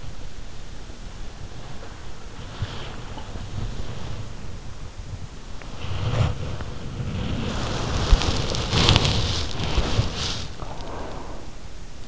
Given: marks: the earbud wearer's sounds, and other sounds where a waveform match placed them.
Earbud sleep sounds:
sounds in sleep by an in-ear microphone; body movement, breath
0.00-12.08 s: body movement
10.49-11.82 s: breath

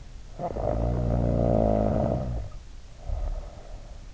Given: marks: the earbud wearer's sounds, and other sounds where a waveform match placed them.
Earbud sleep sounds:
sounds in sleep by an in-ear microphone; snoring breath
0.37-4.07 s: snoring breath

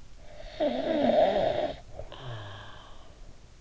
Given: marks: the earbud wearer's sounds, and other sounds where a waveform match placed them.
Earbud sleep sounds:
sounds in sleep by an in-ear microphone; snoring breath
0.26-3.58 s: snoring breath

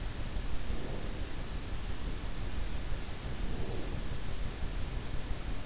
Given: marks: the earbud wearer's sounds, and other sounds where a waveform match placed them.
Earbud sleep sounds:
sounds in sleep by an in-ear microphone; breath
0.56-1.30 s: breath
3.30-3.98 s: breath

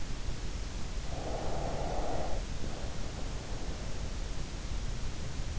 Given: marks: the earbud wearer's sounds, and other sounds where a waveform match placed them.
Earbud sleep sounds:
sounds in sleep by an in-ear microphone; breath
1.08-4.07 s: breath

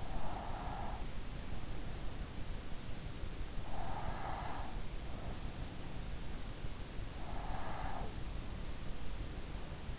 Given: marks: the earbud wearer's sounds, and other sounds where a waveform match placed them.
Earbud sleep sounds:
sounds in sleep by an in-ear microphone; breath
0.00-1.37 s: breath
3.44-5.00 s: breath
7.07-8.42 s: breath

